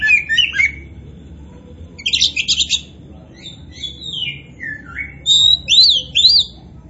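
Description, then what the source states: Oriental magpie-robin song mixing harsh chattering bursts with smooth falling and rising whistles, ending in loud sweeping notes. Kacer poci, a form of Oriental magpie-robin, described as gacor, meaning singing vigorously and often.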